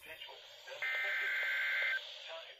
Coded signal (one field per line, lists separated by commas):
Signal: Emergency Alert System (SAME) tones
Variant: header bursts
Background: speech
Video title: NOAA WEATHER RADIO: Required Weekly Test 8/12/20 (EAS #86)